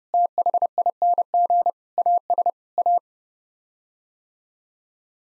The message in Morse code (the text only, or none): THING AS A